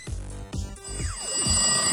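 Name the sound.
telephone ringing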